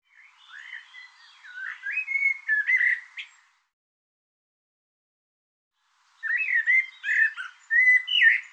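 Bird song: two bursts of varied whistled and warbled notes separated by a few seconds of silence.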